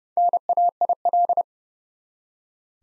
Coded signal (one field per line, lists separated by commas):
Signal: Morse code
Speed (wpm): 32 wpm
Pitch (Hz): 700 Hz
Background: none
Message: NAIL